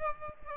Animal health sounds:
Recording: mosquito wingbeat signal from an infrared sensor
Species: Aedes aegypti

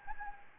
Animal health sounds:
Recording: mosquito wingbeat signal from an infrared sensor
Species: Anopheles gambiae

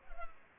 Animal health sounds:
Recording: mosquito wingbeat signal from an infrared sensor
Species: Culex pipiens

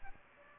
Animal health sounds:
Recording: mosquito wingbeat signal from an infrared sensor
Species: Aedes aegypti

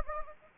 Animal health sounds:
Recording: mosquito wingbeat signal from an infrared sensor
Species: Anopheles gambiae

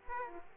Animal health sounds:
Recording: mosquito wingbeat signal from an infrared sensor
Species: Aedes aegypti

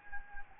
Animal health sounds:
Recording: mosquito wingbeat signal from an infrared sensor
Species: Anopheles gambiae

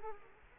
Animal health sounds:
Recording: mosquito wingbeat signal from an infrared sensor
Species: Culex quinquefasciatus

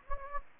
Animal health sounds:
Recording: mosquito wingbeat signal from an infrared sensor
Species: Anopheles gambiae

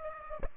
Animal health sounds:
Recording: mosquito wingbeat signal from an infrared sensor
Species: Aedes aegypti

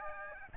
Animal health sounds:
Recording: mosquito wingbeat signal from an infrared sensor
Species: Aedes albopictus

